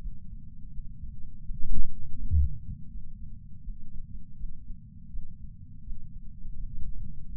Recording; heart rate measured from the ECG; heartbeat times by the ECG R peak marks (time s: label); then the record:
heart sounds by patch sensor on the chest; 82 bpm
0.72 s: heartbeat
1.43 s: heartbeat
2.17 s: heartbeat
2.90 s: heartbeat
3.62 s: heartbeat
4.36 s: heartbeat
5.10 s: heartbeat
5.83 s: heartbeat
6.55 s: heartbeat
7.27 s: heartbeat
From the record:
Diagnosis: coronary artery disease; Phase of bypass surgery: intraoperative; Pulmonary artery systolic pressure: 27 mmHg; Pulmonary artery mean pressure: 22 mmHg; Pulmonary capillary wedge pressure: 12 mmHg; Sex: male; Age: 49 years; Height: 175 cm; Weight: 80 kg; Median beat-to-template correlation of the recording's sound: 0.80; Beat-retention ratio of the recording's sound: 1.00